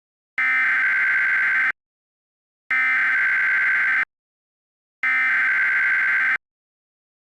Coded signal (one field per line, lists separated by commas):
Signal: Emergency Alert System (SAME) tones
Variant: header bursts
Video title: EAS Scenario: "2nd Civil War" REMASTERED